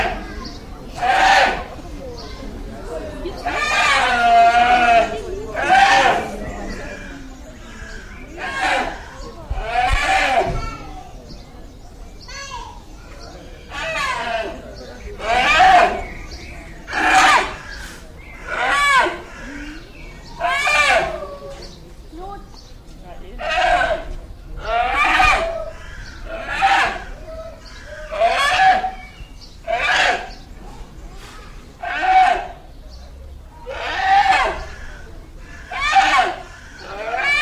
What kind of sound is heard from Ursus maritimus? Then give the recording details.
call. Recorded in captivity. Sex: male. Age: juvenile. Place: Zoo Berlin, Berlin, DE. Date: 2007-06-07 16:30. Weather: slightly overcast, ca. 30°C. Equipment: Sony WM-D6C, Sennheiser ME 80. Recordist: Tembrock, Günter